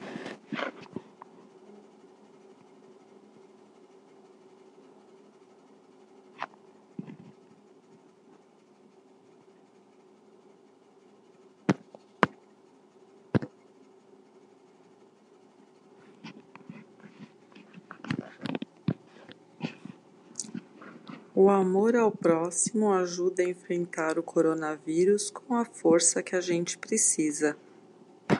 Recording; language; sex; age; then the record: spoken sentence; Brazilian Portuguese; female; 40 to 49 years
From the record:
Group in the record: control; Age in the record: 42 years